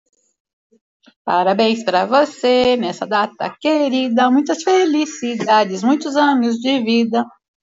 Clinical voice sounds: short text; Brazilian Portuguese; female; 60 to 69 years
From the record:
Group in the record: control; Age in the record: 66 years

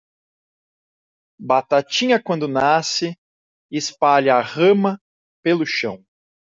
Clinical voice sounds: short text; Brazilian Portuguese; male; 40 to 49 years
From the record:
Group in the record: control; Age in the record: 44 years

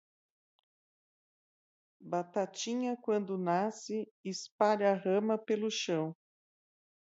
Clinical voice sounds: short text; Brazilian Portuguese; female; 50 to 59 years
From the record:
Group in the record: control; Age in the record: 52 years

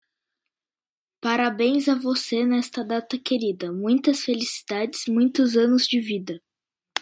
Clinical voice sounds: short text; Brazilian Portuguese; female; 20 to 29 years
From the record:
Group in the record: control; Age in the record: 21 years

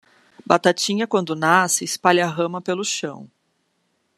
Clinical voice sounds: short text; Brazilian Portuguese; female; 30 to 39 years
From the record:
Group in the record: control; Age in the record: 36 years

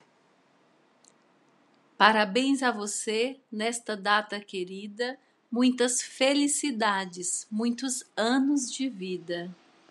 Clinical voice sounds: short text; Brazilian Portuguese; female; 40 to 49 years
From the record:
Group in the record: control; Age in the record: 42 years

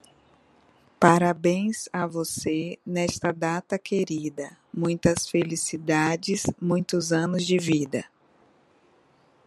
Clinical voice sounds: short text; Brazilian Portuguese; female; 40 to 49 years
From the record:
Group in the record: control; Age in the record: 42 years

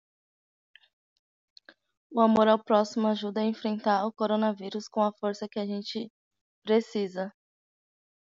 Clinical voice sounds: spoken sentence; Brazilian Portuguese; female; 20 to 29 years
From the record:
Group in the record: control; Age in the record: 27 years

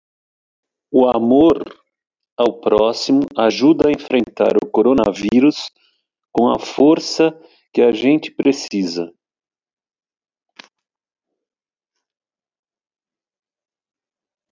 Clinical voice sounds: spoken sentence; Brazilian Portuguese; male; 50 to 59 years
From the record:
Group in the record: control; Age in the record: 58 years

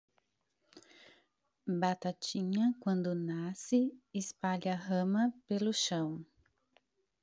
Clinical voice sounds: short text; Brazilian Portuguese; female; 30 to 39 years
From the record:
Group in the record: control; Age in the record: 34 years

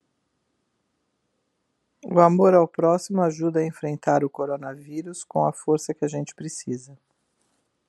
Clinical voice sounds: spoken sentence; Brazilian Portuguese; female; 50 to 59 years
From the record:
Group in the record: control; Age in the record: 57 years

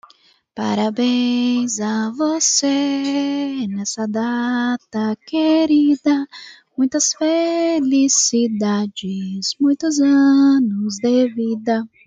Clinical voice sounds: short text; Brazilian Portuguese; female; 20 to 29 years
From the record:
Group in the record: control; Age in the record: 22 years

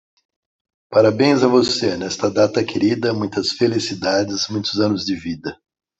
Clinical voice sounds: short text; Brazilian Portuguese; male; 50 to 59 years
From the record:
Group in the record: control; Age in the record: 53 years

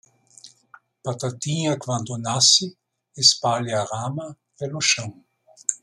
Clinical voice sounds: short text; Brazilian Portuguese; male; 60 to 69 years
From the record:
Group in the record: control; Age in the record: 69 years

